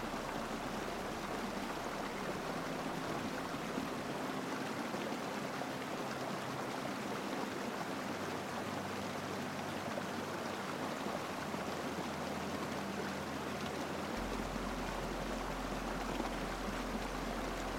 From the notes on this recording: soothing sounds of a stream, mixed with gentle notes of music